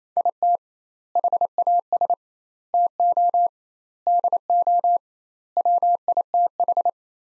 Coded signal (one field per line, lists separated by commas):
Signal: Morse code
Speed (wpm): 28 wpm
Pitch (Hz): 700 Hz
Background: none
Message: IT HAS TO DO WITH